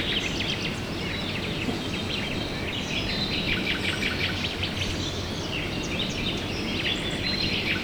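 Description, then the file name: Birds in chorus, dense high chirps and short trills overlapping throughout, with constant low hiss underneath. Recorded at dawn, 5 a.m. "hajnal 5 ora madarak"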